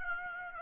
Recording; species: mosquito wingbeat signal from an infrared sensor; Aedes aegypti